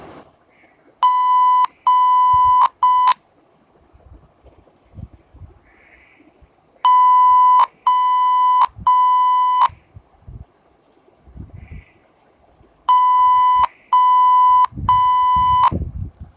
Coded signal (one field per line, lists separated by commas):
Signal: Morse code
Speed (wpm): 5 wpm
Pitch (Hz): 1000 Hz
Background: none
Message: G O O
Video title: Morse code session